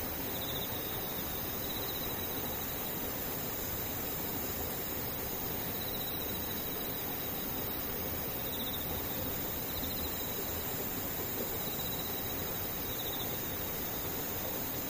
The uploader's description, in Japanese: 雨ムシセミ無音